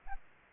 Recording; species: mosquito wingbeat signal from an infrared sensor; Aedes aegypti